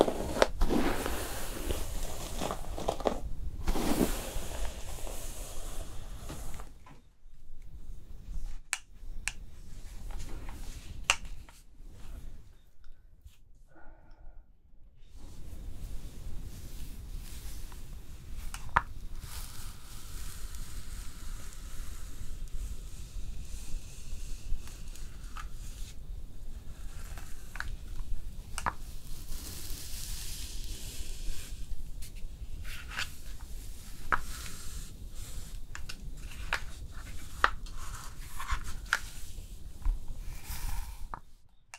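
Hair being brushed and styled, heard as dense, continuous scratchy bristle strokes with frequent small clicks and snaps. The first half is busier and louder, broken by a few near-silent gaps around 7 to 15 seconds, before steady brushing resumes at an even level.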